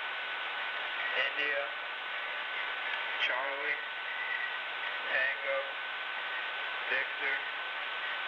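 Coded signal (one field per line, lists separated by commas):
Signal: numbers station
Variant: male voice, letters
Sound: short male spoken letters, evenly spaced, through heavy static with a steady whistle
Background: radio static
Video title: Spy Numbers station (Live ) random letters male 4725khz (with correction)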